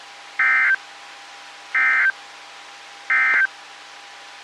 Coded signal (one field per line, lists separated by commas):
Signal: Emergency Alert System (SAME) tones